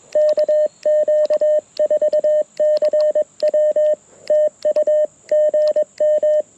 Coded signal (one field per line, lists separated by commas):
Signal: Morse code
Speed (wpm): 21 wpm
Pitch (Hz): 590 Hz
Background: radio noise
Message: KQ4CW TU GM